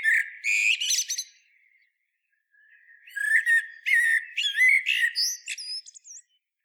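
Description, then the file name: Common blackbird singing two phrases: a warbled low whistle with a rapid twittering flourish, then a longer fluting phrase closing in thin high squeaks. "Turdus merula"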